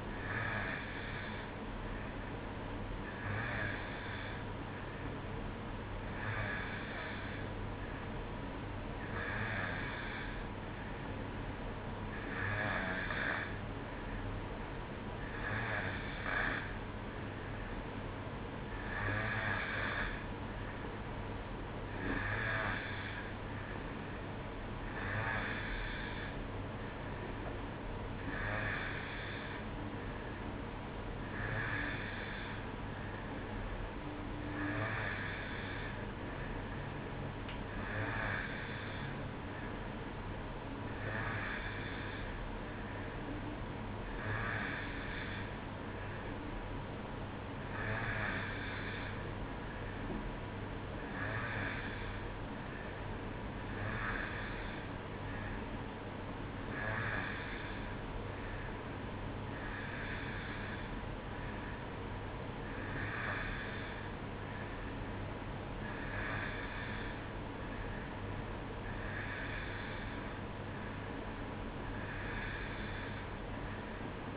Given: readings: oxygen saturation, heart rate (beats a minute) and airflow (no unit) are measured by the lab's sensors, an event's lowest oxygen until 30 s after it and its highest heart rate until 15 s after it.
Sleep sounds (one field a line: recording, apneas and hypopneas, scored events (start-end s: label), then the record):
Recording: breathing in sleep by a voice recorder at the bedside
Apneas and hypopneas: none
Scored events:
none scored
From the record:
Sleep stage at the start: N2 (light sleep)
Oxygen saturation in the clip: 91%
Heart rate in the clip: 62 to 66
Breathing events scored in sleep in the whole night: 305 in 9.6 hours asleep